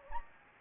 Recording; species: mosquito wingbeat signal from an infrared sensor; Anopheles gambiae